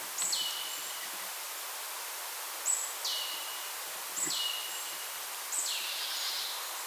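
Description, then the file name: Marsh tit calls: a sharp high note dropping into a lower tail, given four times at uneven gaps over steady background hiss. "Poecile palustris"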